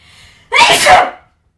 Loud late night sneeze on wednesday night.